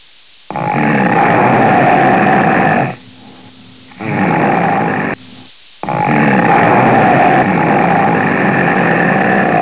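Loud snoring from an adult: three harsh, rattling breath noises of uneven length, about two and a half, one, and four seconds, with abrupt starts and stops and short quiet gaps.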